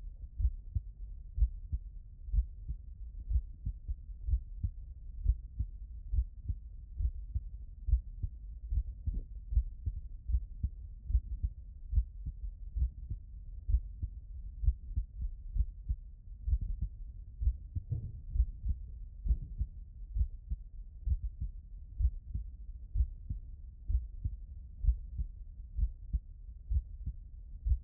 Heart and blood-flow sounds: heart sounds by stethoscope; mitral valve (MV)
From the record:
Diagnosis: non-HFrEF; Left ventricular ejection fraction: 63%

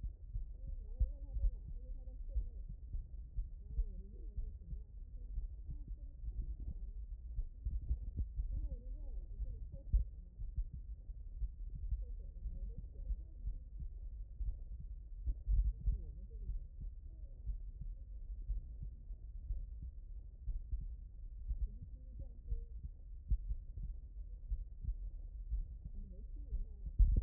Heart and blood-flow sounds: heart sounds by stethoscope; aortic valve (AV)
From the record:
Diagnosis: non-HFrEF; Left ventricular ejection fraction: 63%

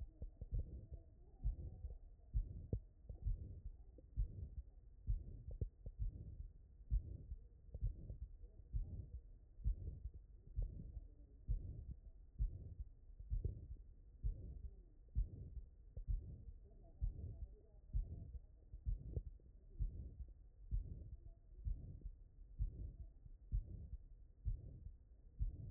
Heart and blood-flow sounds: heart sounds by stethoscope; mitral valve (MV)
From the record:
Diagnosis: non-HFrEF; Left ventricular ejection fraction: 71%

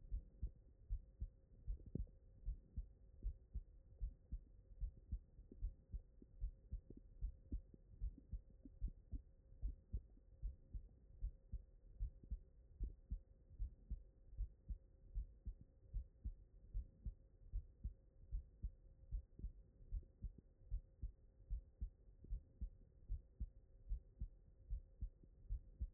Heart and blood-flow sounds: heart sounds by stethoscope; mitral valve (MV)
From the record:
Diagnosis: non-HFrEF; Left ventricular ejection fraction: 57%

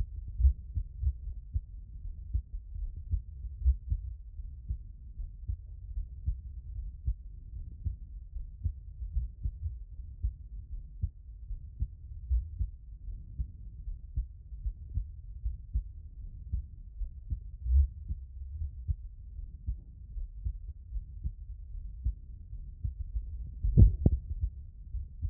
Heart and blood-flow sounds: heart sounds by stethoscope; aortic valve (AV)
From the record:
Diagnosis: non-HFrEF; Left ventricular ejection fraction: 65%

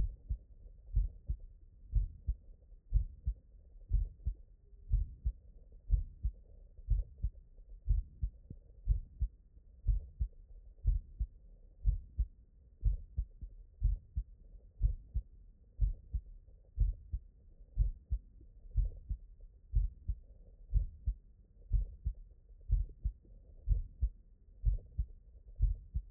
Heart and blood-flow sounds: heart sounds by stethoscope; mitral valve (MV)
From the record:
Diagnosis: non-HFrEF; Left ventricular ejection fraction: 59%

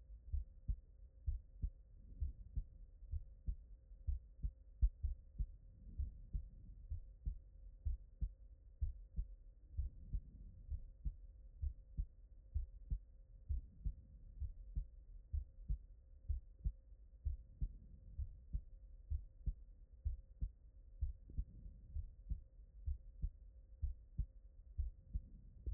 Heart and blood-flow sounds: heart sounds by stethoscope; pulmonary valve (PV)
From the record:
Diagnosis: non-HFrEF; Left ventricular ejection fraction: 64%

